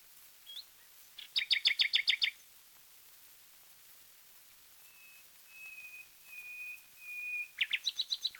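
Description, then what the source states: Common nightingale song: a rapid rattling trill, then a series of soft, drawn-out whistled notes, ending in another rapid trill. From a 1936 disc of wild bird songs, side A.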